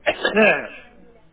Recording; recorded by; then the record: voluntary cough; telephone call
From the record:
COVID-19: negative